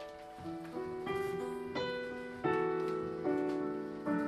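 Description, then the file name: Goose: a series of nasal, harmonic honks, some overlapping. Recorded 3 November 2015. "geese - 5 th - 11 3 15"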